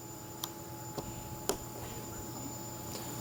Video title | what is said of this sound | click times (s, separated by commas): 2012-2018 Lexus ES: How to Install Apple Carplay Conversion Kit by Hamilton Motor Company | position them into place and make sure you hear them click into their spots | 0.4 s, 1.5 s